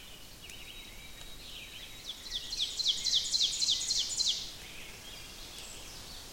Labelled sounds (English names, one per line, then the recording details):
Ovenbird song
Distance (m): 25 m
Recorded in boreal forest in Alberta, Canada, on 5 June 2016 at 05:34
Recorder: SongMeter 3, array SBT-3-51
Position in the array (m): 246 m, 156 m
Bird 28